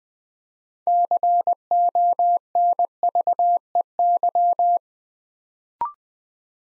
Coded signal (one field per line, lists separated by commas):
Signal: Morse code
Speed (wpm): 20 wpm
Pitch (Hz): 700 Hz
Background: none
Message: CONVEY